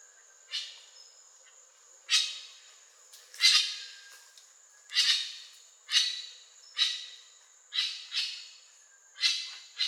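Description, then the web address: Grey-winged trumpeter giving harsh, broad squawks at irregular intervals, each fading quickly, over a steady high-pitched tone. "Grey winged trumpeter. صدای-پرنده-شیپورزن-بال-خاکستری"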